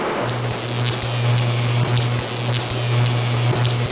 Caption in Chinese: 主观性耳鸣，也是我们 最常见的最多发的一种耳鸣，就是自己能听见但是别人听不见。 你们会从功放当中听到好几种耳鸣的声音。 这个声很像那个有电话进来。 但是他如果一直这样的话，我会觉得很烦躁。